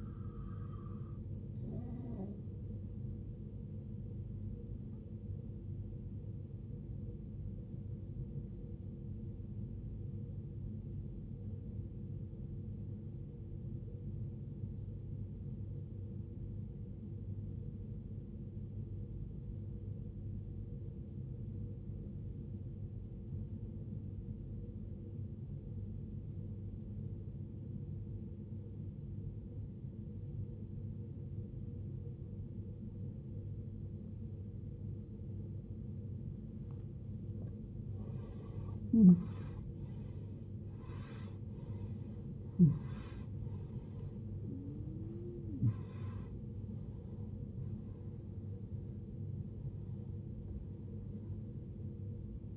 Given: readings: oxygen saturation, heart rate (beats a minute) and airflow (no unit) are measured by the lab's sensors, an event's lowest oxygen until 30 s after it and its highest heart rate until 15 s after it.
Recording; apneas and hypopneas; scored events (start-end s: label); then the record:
breathing in sleep by a smartphone at the bedside; 1
9.00-38.10 s: obstructive apnea (N1, oxygen 95% highest, then 79% lowest, heart rate 61 at the start, 81 highest)
19.00-49.00 s: new sleep stage, N2 (light sleep)
49.00-52.57 s: new sleep stage, N1 (lightest sleep)
From the record:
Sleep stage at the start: N1 (lightest sleep); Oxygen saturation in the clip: 81 to 95%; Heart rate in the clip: 55 to 81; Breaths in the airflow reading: 7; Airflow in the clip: -19.7 to 18.9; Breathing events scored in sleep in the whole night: 389 in 6.3 hours asleep